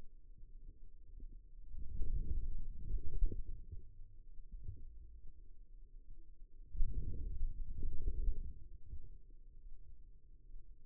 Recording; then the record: forearm muscle sounds (acoustic myography)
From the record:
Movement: outward rotation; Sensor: system 2, bracelet of six BSWA MPA416 microphones around the upper forearm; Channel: 3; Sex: male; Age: 22 years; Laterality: right